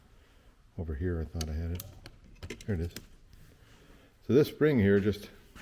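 Someone talks while handling a small spring for the fuel pressure regulator (cold start valve) housing on a 1979 Porsche 924, about to press it into its seat. A few faint, light taps are heard between the talking. Nothing has seated or clicked yet.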